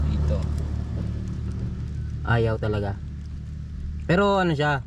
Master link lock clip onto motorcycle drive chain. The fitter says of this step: napasok naman pero ayaw lang maglock o ayw maglock Nabong yung lock niya